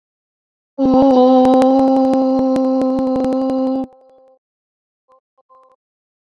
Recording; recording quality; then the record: sustained vowel as in boot; moderate, slight background noise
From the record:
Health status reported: exposed to COVID-19, no respiratory illness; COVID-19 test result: negative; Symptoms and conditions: loss of smell and taste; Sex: female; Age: 30 years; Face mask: not worn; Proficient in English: yes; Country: India